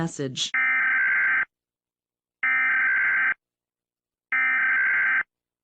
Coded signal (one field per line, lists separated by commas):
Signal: Emergency Alert System (SAME) tones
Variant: header bursts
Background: speech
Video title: (Valentine's Special 2) EAS Short Scenario 12 - The Valentine's Strike